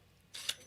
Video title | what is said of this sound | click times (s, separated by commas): Traveling With Cigars?! You NEED To See This 👀 - Unboxed Live (02/19/21) | i mean it locks you can hear it lock you could hear it | 0.5 s